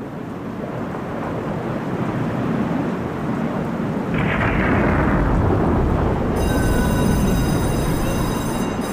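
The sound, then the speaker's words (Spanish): Steady, heavy rain hisses throughout with no voices, joined midway by a deeper rumbling roar, and a faint high whine appears near the end. It is the rainy season, and the rain has not stopped all morning. “Esta época es de lluvia y hoy toda la mañana no ha dejado de llover.”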